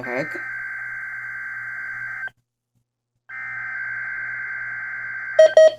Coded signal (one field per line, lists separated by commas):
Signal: Emergency Alert System (SAME) tones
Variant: header bursts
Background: speech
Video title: RWT (EAS# 23)